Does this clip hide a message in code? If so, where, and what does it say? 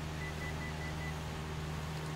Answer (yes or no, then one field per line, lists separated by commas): no